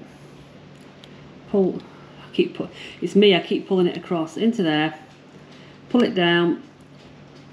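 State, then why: Not seated. Someone talks while pulling down the quick-release pin on a watch strap to fit it into the lug hole of a Shotscope G5 GPS watch case, with faint handling sounds between the words. Nothing has seated or clicked yet.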